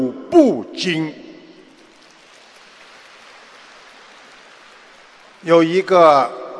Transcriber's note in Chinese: 掌声